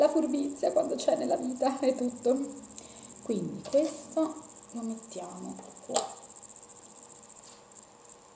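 Someone talks while handling a plastic piece that is about to be pressed into the assembly being built, over a steady high-pitched cricket-like hum. A few faint short ticks come near the end, but the piece has not seated or clicked into place yet.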